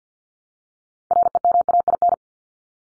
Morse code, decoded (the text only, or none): REMAIN